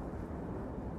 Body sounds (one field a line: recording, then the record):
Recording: background sound without coughing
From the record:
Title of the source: Train Ride Ambience ambient white noise for sleeping, focus, studying, reading